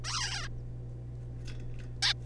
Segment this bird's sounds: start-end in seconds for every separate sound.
0.04-0.48, 2.02-2.13